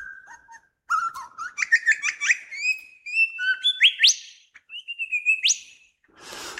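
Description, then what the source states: Superb lyrebird song: a varied run of clear whistles, rapid chirps and rising upswept notes, shifting pitch from phrase to phrase. Adult male singing on a fallen tree trunk about 3 feet off the ground, accompanied by two females, in forest in one of the southernmost parts of Australia.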